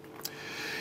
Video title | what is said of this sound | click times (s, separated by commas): assembling the hardware ep 1 | and when you do that you'll need to give it a little bit of a little bit of pressure to make it click in but you'll hear the click | 0.2 s